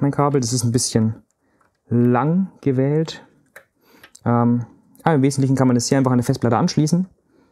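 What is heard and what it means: A SATA data cable plug is handled at the mainboard's SATA port while someone talks, with a few faint short ticks around 3.6 s and 4.0–4.2 s. Nothing has seated or clicked into the port yet.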